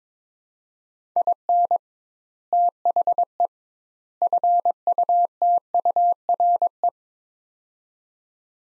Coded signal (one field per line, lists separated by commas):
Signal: Morse code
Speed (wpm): 21 wpm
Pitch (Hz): 700 Hz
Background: none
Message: IN THE FUTURE